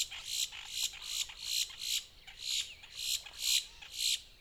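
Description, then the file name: Boat-tailed grackle uttering loud, harsh rasping notes in a series of several bursts. Recorded 14 April 2018. "2018-04-14 BTGR"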